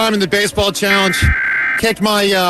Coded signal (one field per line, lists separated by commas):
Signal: Emergency Alert System (SAME) tones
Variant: header bursts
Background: speech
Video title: Week of 03/15/2026 EAS Capture 732-753